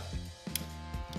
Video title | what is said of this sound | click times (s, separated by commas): Tilta Armor Man 3.0 Tutorial - FABT | it should click into place then | 0.6 s